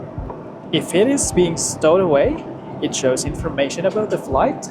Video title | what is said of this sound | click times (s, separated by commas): Boeing 787-10 - Singapore to Manila in Style, Business Class SQ918 | Now, to tuck this one back in, just do that and make sure it clicks. | 0.3 s